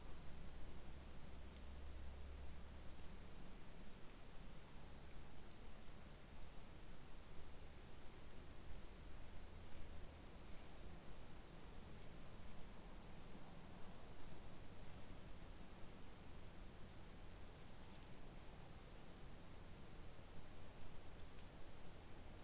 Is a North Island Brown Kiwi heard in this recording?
no